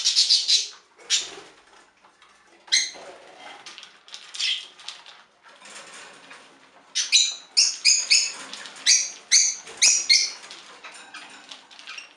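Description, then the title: Budgerigar chirps and chatter, scattered scratchy calls at first, then a rapid row of sharp repeated squeaks near the end. "Budgie Sounds"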